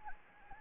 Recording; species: mosquito wingbeat signal from an infrared sensor; Anopheles gambiae